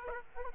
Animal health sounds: mosquito wingbeat signal from an infrared sensor; Aedes aegypti

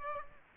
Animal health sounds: mosquito wingbeat signal from an infrared sensor; Aedes aegypti

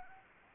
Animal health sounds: mosquito wingbeat signal from an infrared sensor; Anopheles gambiae

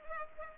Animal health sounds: mosquito wingbeat signal from an infrared sensor; Culex pipiens

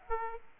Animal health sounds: mosquito wingbeat signal from an infrared sensor; Aedes aegypti

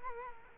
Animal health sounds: mosquito wingbeat signal from an infrared sensor; Culex quinquefasciatus

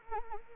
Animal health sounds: mosquito wingbeat signal from an infrared sensor; Anopheles arabiensis

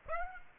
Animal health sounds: mosquito wingbeat signal from an infrared sensor; Aedes aegypti

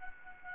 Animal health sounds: mosquito wingbeat signal from an infrared sensor; Aedes aegypti

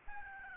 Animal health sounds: mosquito wingbeat signal from an infrared sensor; Aedes albopictus

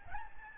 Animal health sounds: mosquito wingbeat signal from an infrared sensor; Aedes albopictus

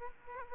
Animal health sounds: mosquito wingbeat signal from an infrared sensor; Aedes aegypti

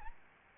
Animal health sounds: mosquito wingbeat signal from an infrared sensor; Aedes albopictus

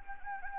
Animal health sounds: mosquito wingbeat signal from an infrared sensor; Anopheles gambiae

